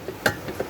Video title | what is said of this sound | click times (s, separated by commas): 2.0T TSI Timing Chain Tensioner Failure, Engine Repair On A Volkswagen EOS. PART 2 | push it in till it clicks | 0.3 s